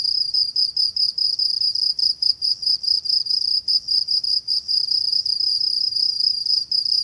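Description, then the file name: Cricket calling in a fast, high, pulsing trill with frequent short pauses, steady throughout. Binaural. "Crickets-binaural recording"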